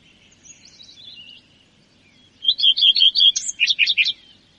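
Common redstart song phrase of quick whistled notes ending in a scratchy trill, after faint twittering in the background.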